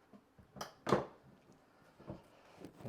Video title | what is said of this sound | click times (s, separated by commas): Unboxing the Titan Solar Generator by Wild Oak Trail | you can hear it clicks in and just | 0.6 s, 0.9 s